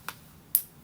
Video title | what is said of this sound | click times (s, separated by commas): LEGO Fortnite 2024 Peely Bone 77072 Build Part 3 | There we go. You clicked in place. | 0.6 s